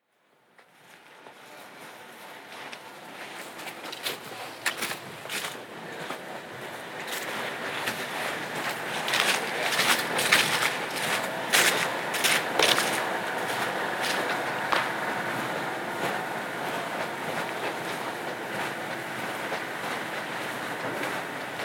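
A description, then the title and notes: A night hike on the Appleton Trail, starting from near silence and swelling over the first ten seconds into a dense, steady rustle. Frequent sharp crunches and clicks break through, bright and crackly, with a faint rolling rumble underneath through the rest. A Night Hike on Appleton Trail. A pitch-black night hike on the Appleton Trail.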